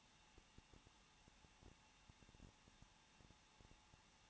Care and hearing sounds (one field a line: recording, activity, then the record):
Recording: daily activity, microphone in the room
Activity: no activity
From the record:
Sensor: 1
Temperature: 20.1 degrees Celsius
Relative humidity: 39.1%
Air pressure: 1006.3 hPa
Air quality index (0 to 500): 217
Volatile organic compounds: 75 ppm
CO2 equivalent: 3560 ppm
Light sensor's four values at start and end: 1/2/1/1 and 1/2/1/1